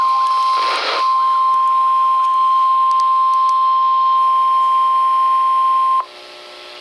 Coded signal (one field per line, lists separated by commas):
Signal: Emergency Alert System (SAME) tones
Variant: 1050 Hz attention tone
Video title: Flash Flood Warning (EAS #823)